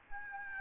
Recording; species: mosquito wingbeat signal from an infrared sensor; Aedes albopictus